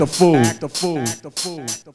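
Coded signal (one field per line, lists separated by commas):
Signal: none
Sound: beeps in a rap song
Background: speech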